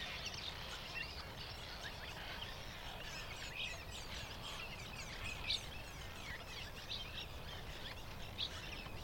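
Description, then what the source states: Cliff Swallows chattering in a dense chorus, many overlapping high squeaky chirps and twitters continuing throughout, with steady low background rumble. Thousands of Cliff Swallows at a cliff nesting colony with hundreds or thousands of nests, Columbia National Wildlife Refuge, late morning.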